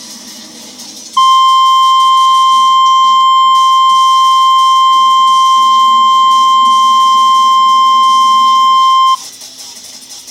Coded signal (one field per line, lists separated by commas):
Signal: Emergency Alert System (SAME) tones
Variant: 1050 Hz attention tone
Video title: EAS scienerio: First u.s hypercane